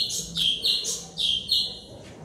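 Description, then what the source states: White-rumped shama song: loud, clear high whistled phrases, several quick sweeping notes in close succession. Aggressive, fierce song of a white-rumped shama, used as a lure.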